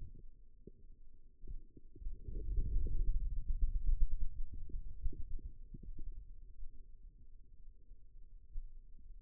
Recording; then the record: forearm muscle sounds (acoustic myography)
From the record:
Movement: ulnar deviation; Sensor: system 2, bracelet of six BSWA MPA416 microphones around the upper forearm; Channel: 4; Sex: male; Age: 22 years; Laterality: right